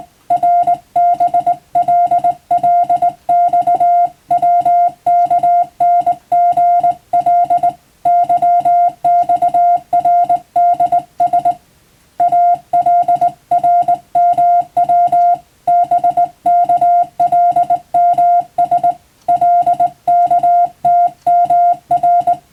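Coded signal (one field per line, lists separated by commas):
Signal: Morse code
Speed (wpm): 20 wpm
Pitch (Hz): 700 Hz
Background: music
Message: RBLLXWKNGL YXRDS ALRMW BKLMS LKTMR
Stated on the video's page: Morse receiving practice for the Japanese radio operator national exam, using a telegram practice book.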